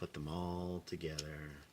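Someone talks while handling a part of a Unique Toys Gahz'ranka transforming robot toy, lining up its plastic tabs with the matching slots of another part to combine them into the figure. Nothing has seated or clicked yet.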